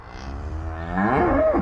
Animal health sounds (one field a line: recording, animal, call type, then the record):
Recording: contact call of a hoofed animal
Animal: cattle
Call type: low-frequency (closed-mouth) or high-frequency (open-mouth) call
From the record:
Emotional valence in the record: negative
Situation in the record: separation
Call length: 1.61 s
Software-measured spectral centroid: 970 Hz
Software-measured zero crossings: 1060 a second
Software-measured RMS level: -23 dBFS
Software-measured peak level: -6 dBFS